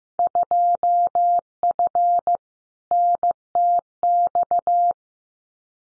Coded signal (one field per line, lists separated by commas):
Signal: Morse code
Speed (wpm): 15 wpm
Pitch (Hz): 700 Hz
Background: none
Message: 2F NTX